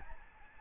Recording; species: mosquito wingbeat signal from an infrared sensor; Aedes albopictus